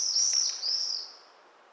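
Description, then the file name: Common swift giving a shrill, buzzy scream that wavers in pitch for about a second, then fades away. Calls given during display flights. "Martinetnoirparades"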